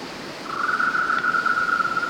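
Golden-naped barbet calling, a steady, level, mid-pitched note held for more than a second over constant background hiss.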